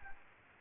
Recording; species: mosquito wingbeat signal from an infrared sensor; Aedes albopictus